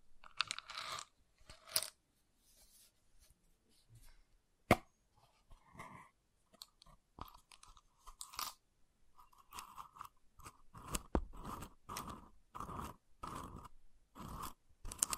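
Wooden triggers: scattered taps, scrapes and rubs on wood, starting with a brushing rustle and one sharp click just before five seconds. In the second half, short bright knocks and scratchy strokes come in a quicker, fairly regular run, with brief silences between.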